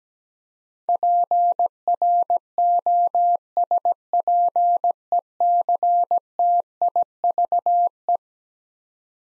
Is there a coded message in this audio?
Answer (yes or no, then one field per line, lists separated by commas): yes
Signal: Morse code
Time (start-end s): 0.9-8.2 s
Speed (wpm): 17 wpm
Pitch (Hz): 700 Hz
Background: none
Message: PROSPECTIVE